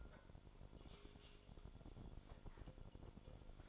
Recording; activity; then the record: daily activity, microphone in the room; take from stove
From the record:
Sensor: 5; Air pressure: 1008.0 hPa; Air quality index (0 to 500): 108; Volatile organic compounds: 1 ppm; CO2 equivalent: 836 ppm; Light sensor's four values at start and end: 30/67/28/29 and 29/63/27/28